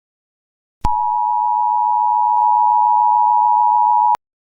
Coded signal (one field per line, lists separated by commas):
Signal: Emergency Alert System (SAME) tones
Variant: 853 and 960 Hz attention tone